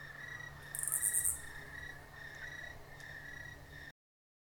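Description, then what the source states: Crickets giving a continuous steady chirring, joined briefly by a loud raspy buzz near the start, then cutting off abruptly. Crickets in a country field at night, with a raspy cicada calling nearby.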